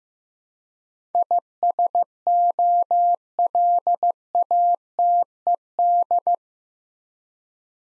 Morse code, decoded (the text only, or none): ISOLATED